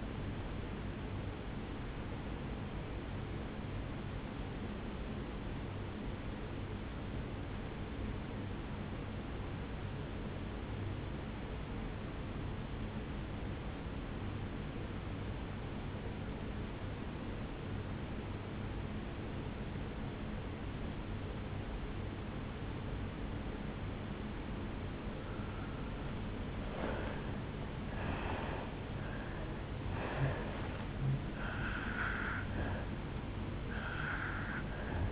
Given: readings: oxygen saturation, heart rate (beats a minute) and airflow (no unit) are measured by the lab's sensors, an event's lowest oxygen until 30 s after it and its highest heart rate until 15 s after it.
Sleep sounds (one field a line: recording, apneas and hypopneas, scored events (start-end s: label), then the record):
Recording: breathing in sleep by a voice recorder at the bedside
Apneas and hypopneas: 1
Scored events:
8.00-26.60 s: obstructive apnea (N2, oxygen 97% highest, then 83% lowest, heart rate 63 at the start, 77 highest)
From the record:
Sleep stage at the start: N2 (light sleep)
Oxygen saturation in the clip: 85 to 97%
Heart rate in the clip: 62 to 77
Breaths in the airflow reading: 5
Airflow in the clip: -11.1 to 6.0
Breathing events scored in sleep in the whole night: 449 in 7.0 hours asleep